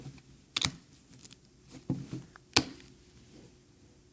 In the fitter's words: Pops right in there.